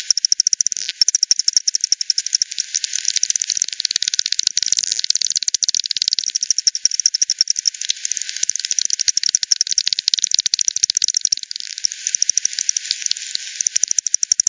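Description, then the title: Continuous rapid bat clicking from overlapping animals, regular ticks alternating with denser buzzy stretches throughout. Multiple bats at Hogsmill River, Hogsmill Lane, 7 October 2020, 18:10 UTC; recorded through a frequency-division bat detector (divide by ten), band-pass filtered and resampled. "bat 20201007 T 18 : 10 Z-Hogsmill-Lane-Hogsmill-River-multiple-bats-FD 10"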